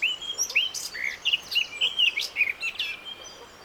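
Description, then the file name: Eurasian blackcap delivering a continuous, jumbled warble of short high notes and slurs throughout, with light background hiss. "Sylvia atricapilla"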